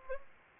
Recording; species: mosquito wingbeat signal from an infrared sensor; Culex pipiens